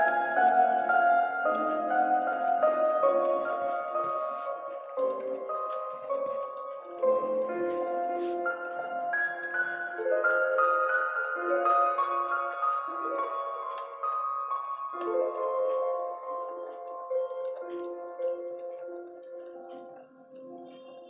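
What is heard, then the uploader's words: A slow, melancholy piano plays sustained chords in the middle range, with new chords struck every few seconds, around 3, 7, 10 and 15 seconds, and the notes left ringing between them. Faint fireplace crackles and pops are scattered throughout, and the music gradually softens toward the end. Study with me-dark academia piano near a fireplace.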